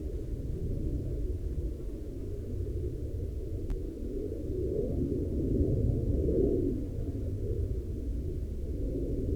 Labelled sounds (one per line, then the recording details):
aircraft
insects
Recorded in the Prudhoe Bay oil fields, Alaska, on 7 July 2021 at 13:05
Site 14